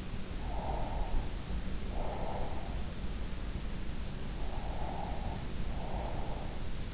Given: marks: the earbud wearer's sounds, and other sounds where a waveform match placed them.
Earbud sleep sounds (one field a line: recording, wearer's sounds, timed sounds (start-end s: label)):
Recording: sounds in sleep by an in-ear microphone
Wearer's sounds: breath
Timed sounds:
0.39-2.71 s: breath
4.42-6.52 s: breath